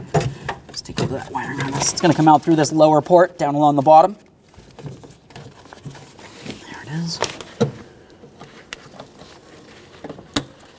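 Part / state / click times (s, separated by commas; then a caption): wiring harness connector into power window motor / seated / 10.4 s. A wiring harness connector is pushed onto the new power window motor and regulator inside the door of a 1994-1999 Honda Accord. Someone talks at the start, then soft handling taps and rustles follow. A sharp click at 10.4 seconds shows the connector has seated.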